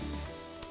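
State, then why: Not seated. A plastic 35mm film holder is handled over the tray of an HP FilmScan digital film scanner, with its small nodules lined up to drop into the holes underneath. A steady hiss with faint hum tones and some low rumble at the start runs throughout, broken by one brief, sharp burst of noise at about 0.6 s. The clip ends before the holder goes home, so nothing has seated yet.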